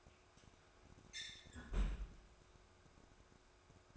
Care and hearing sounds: daily activity, microphone in the room; close fridge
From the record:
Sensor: 2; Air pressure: 1004.5 hPa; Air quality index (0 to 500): 185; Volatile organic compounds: 10 ppm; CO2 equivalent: 2218 ppm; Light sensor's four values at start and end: 4/10/4/4 and 4/10/4/4

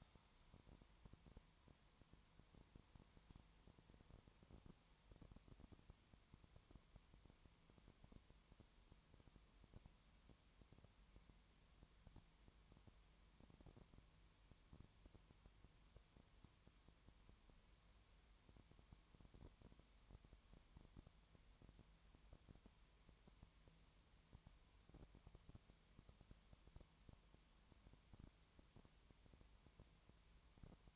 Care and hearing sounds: daily activity, microphone in the room; no activity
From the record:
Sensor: 3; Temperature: 20.5 degrees Celsius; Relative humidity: 32.8%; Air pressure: 1003.2 hPa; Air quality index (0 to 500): 105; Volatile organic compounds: 2 ppm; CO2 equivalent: 1069 ppm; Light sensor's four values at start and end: 2/3/2/2 and 2/3/2/2

